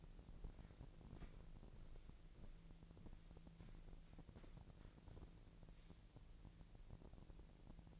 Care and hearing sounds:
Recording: daily activity, microphone in the room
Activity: walk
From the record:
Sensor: 5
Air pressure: 1002.2 hPa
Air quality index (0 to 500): 239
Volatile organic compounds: 26 ppm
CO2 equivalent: 2864 ppm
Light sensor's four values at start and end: 31/74/31/33 and 31/74/31/33

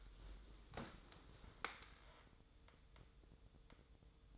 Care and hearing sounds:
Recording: daily activity, microphone in the room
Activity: sit down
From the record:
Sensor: 3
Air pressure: 1005.1 hPa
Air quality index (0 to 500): 93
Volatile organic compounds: 3 ppm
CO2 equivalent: 1449 ppm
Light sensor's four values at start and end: 9/22/9/9 and 10/22/9/9

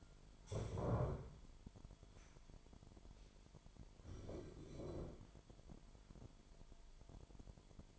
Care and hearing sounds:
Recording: daily activity, microphone in the room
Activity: stand up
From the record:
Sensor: 5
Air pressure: 998.7 hPa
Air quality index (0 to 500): 93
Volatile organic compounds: 2 ppm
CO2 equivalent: 1065 ppm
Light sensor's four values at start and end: 31/76/31/35 and 31/76/31/35

